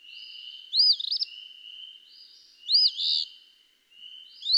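Eastern phoebe song: two rough, rising-falling phrases about two seconds apart, then the start of a third, with faint buzzy notes between.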